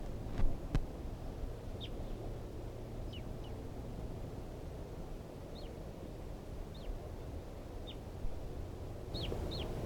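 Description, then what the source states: Red crossbill calls: short, sharp downward-sweeping chips given singly or in quick pairs at irregular intervals, over a steady low rumble with a couple of clicks. Wild type 2 red crossbill, at 5:21.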